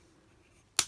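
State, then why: Seated. A plastic transformation panel on a Transformers Legacy Voyager Class G2 Universe Jhiaxus toy is flipped out and pressed into its notch on the toy body. After near silence, a single sharp, bright snap rings out at 0.8 s and quickly fades. The panel clicks into its locked position.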